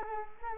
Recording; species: mosquito wingbeat signal from an infrared sensor; Culex quinquefasciatus